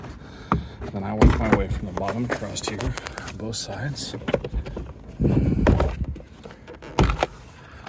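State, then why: Released. Retaining clips on a plastic door trim panel in a car door frame are pulled free, working from the bottom up along one side. Someone talks, and sharp pops are heard at about 5.7 s and 7.0 s as the clips come loose and that side of the panel is released.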